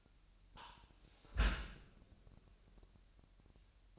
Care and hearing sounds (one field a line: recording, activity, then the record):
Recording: daily activity, microphone in the room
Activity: close dishwasher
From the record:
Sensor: 2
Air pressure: 998.3 hPa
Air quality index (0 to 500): 146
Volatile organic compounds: 4 ppm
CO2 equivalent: 1658 ppm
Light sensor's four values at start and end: 10/30/12/12 and 10/30/12/11